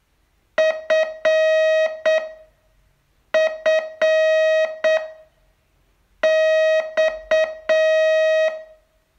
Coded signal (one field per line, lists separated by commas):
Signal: Morse code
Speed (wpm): 7 wpm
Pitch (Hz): 630 Hz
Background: music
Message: F F X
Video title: Learn Morse in 42 Days from VU2LAU - day 29